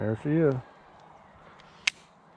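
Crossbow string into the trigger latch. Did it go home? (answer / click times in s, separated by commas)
yes / 1.9 s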